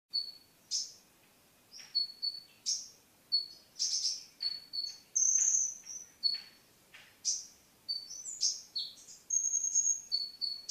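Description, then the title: Oriental magpie-robin giving varied whistles, short flat notes and harsh buzzy bursts, with a long high trill in the middle. Song; recording over an hour long. "Kicau Kacer"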